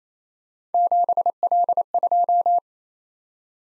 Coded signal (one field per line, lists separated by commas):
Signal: Morse code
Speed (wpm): 27 wpm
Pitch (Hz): 700 Hz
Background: none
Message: 7L2